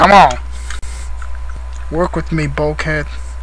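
A plastic back panel sits halfway into the body of an Animated Voyager Class Bulkhead transforming toy and is being pushed and handled while someone talks, with a few faint plastic ticks around 0.7 s and 1.2 to 1.5 s. Nothing has seated or clicked yet; the back piece is not home by the end.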